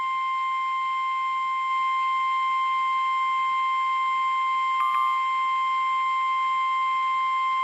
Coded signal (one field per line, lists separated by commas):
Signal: Emergency Alert System (SAME) tones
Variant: 1050 Hz attention tone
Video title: FIRST SEVERE THUNDERSTORM WARNING FOR MASSACHUSETTS IN 2026!!!!! (EAS #485)